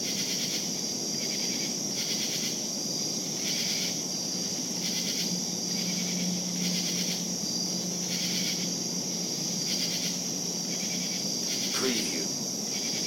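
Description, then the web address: Cricket chorus of steady high trilling and regularly pulsing bursts, with a low hum in the middle and a short sharp sound near the end. Crickets calling at night in savannah. "lynne-publishing Night Crickets Savannah"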